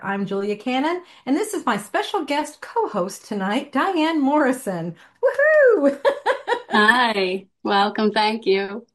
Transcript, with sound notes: I'm Julia Cannon, and this is my special guest co-host tonight, Diane Morrison. Woo-hoo. (laughs)
Hi. Welcome. Thank you.